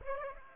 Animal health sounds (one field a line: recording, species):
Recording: mosquito wingbeat signal from an infrared sensor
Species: Aedes aegypti